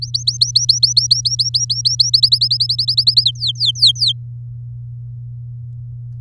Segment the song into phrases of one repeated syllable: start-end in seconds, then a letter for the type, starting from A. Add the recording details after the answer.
0.02-2.10 A, 2.13-3.24 B, 3.25-4.12 C. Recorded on 7 May 2018 at 17:05. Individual llb16